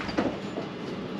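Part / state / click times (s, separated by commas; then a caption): latch on a motorcycle trailer camper / not seated / none. A latching part on a homemade motorcycle trailer camper is handled as it is being closed, giving a brief louder scrape around 0.2 s followed by a steady broadband rustle. The latch has not snapped into place yet; nothing has seated or clicked.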